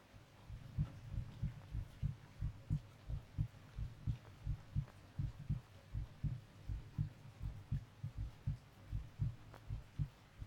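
Steady, soft, low thumps repeat at about 80 beats a minute, each beat a dull double knock with a faint hum underneath. An adult woman's heartbeat heard with an ear pressed against her chest.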